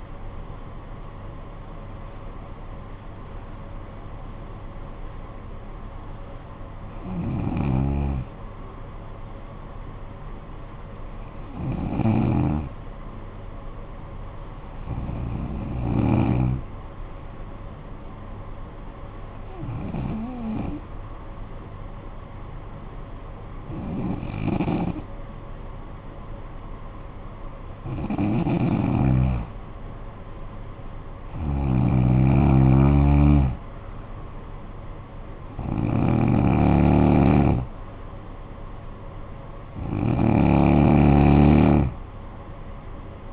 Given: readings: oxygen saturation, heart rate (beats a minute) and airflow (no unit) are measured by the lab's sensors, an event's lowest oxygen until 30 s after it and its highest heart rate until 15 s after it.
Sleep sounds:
breathing in sleep by a smartphone at the bedside; 1
2.00-32.00 s: new sleep stage, N1 (lightest sleep)
10.00-29.00 s: hypopnea (N1, oxygen 96% highest, then 90% lowest, heart rate 52 at the start, 56 highest)
32.00-43.33 s: new sleep stage, N2 (light sleep)
From the record:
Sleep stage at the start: N2 (light sleep); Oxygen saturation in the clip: 91 to 96%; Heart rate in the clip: 52 to 62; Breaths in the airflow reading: 10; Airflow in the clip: -8.9 to 7.6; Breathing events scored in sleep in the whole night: 445 in 7.6 hours asleep

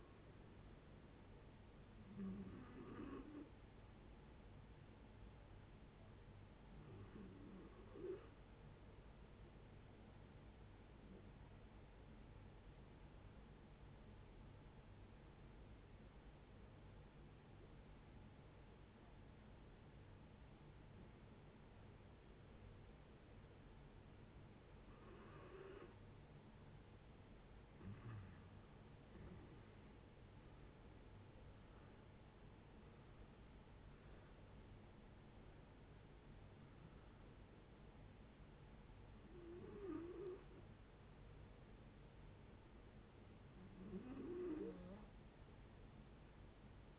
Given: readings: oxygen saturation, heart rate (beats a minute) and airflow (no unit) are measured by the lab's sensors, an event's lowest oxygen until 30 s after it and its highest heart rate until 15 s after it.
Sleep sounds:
breathing in sleep by a voice recorder at the bedside; 1
11.00-26.80 s: hypopnea (REM, oxygen 93% highest, then 75% lowest, heart rate 79 at the start, 88 highest)
From the record:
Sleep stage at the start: REM sleep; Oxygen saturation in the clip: 65 to 93%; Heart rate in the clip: 72 to 88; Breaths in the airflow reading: 9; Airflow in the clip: -13.1 to 15.3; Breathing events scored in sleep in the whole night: 496 in 5.4 hours asleep

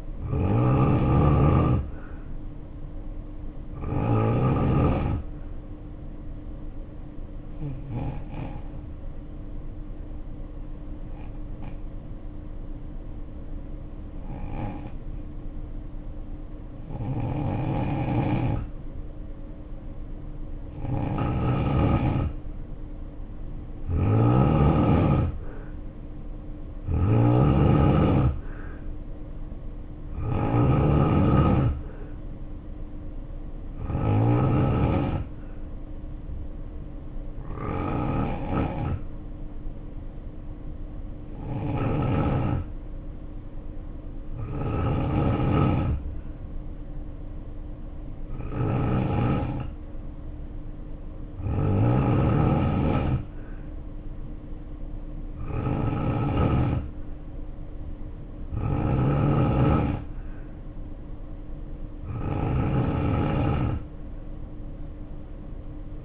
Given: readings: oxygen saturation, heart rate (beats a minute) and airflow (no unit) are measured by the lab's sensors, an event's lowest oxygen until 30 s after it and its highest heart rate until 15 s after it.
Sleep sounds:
breathing in sleep by a smartphone at the bedside; 2
6.00-19.80 s: hypopnea (N2, oxygen 94% highest, then 86% lowest, heart rate 64 at the start, 66 highest)
35.00-48.30 s: hypopnea (N2, oxygen 93% highest, then 90% lowest, heart rate 62 at the start, 63 highest)
From the record:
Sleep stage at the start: N2 (light sleep); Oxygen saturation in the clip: 82 to 94%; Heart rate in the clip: 57 to 69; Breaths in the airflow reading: 18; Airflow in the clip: -2.4 to 2.8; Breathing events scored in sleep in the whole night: 520 in 7.2 hours asleep

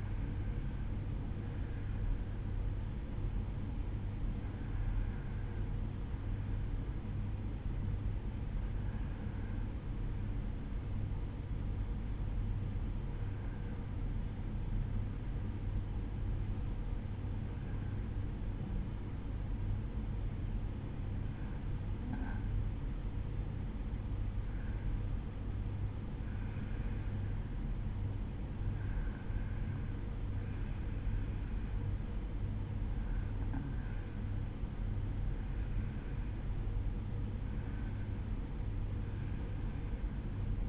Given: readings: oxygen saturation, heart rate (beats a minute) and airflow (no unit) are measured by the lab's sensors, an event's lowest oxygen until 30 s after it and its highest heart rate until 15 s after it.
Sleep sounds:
breathing in sleep by a smartphone at the bedside; 1
6.00-25.30 s: hypopnea (N1, oxygen 94% highest, then 93% lowest, heart rate 54 at the start, 55 highest)
From the record:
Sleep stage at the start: N1 (lightest sleep); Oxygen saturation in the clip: 93 to 94%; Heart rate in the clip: 54 to 55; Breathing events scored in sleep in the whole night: 305 in 9.6 hours asleep

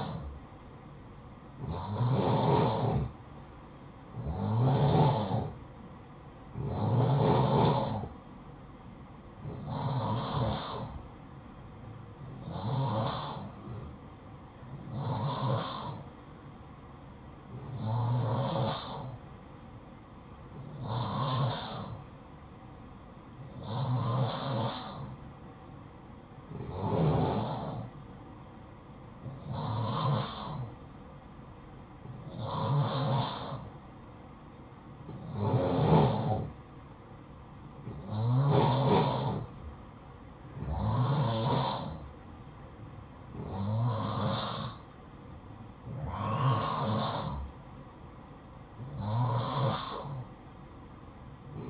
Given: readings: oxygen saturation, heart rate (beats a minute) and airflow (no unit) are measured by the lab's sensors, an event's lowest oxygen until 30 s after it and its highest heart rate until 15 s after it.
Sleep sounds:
breathing in sleep by a smartphone at the bedside; none
none scored
From the record:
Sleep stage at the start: N2 (light sleep); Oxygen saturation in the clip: 89 to 91%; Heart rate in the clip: 50 to 61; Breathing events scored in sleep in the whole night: 573 in 9.8 hours asleep

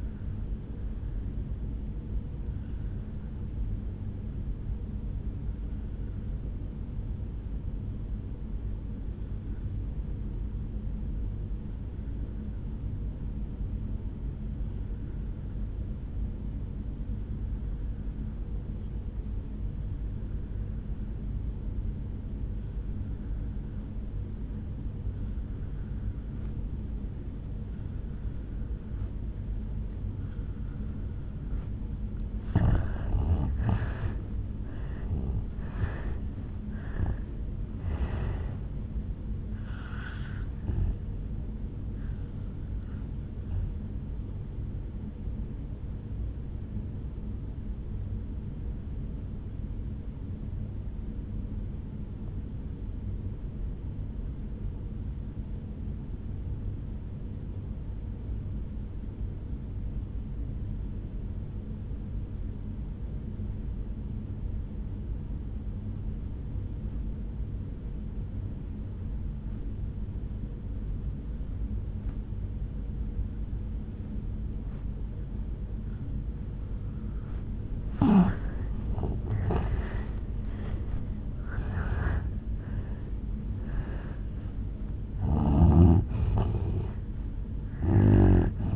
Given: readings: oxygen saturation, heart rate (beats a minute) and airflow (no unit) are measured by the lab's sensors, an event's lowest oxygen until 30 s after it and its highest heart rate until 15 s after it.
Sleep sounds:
breathing in sleep by a smartphone at the bedside; 2
4.00-33.30 s: obstructive apnea (N2, oxygen 97% highest, then 82% lowest, heart rate 54 at the start, 76 highest)
21.00-51.00 s: new sleep stage, N1 (lightest sleep)
48.00-78.10 s: obstructive apnea (N1, oxygen 97% highest, then 80% lowest, heart rate 55 at the start, 78 highest)
51.00-88.76 s: new sleep stage, N2 (light sleep)
From the record:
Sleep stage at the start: N2 (light sleep); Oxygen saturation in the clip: 82 to 97%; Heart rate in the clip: 50 to 78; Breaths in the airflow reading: 8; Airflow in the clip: -13.0 to 9.3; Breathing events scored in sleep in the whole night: 449 in 7.0 hours asleep

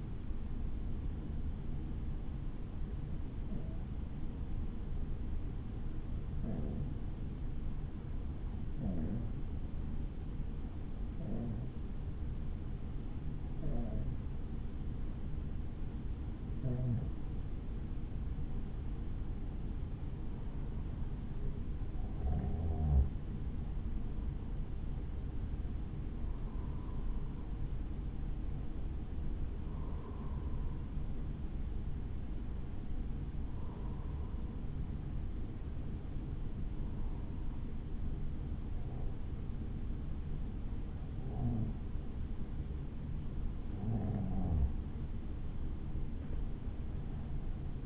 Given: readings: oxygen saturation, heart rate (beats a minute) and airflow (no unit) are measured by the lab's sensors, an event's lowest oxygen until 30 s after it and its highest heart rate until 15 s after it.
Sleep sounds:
breathing in sleep by a smartphone at the bedside; 1
3.00-19.70 s: hypopnea (N2, oxygen 96% highest, then 92% lowest, heart rate 58 at the start, 60 highest)
From the record:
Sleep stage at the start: N2 (light sleep); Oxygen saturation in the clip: 92 to 96%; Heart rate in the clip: 55 to 60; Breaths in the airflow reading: 16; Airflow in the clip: -3.7 to 4.4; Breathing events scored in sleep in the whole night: 216 in 7.0 hours asleep

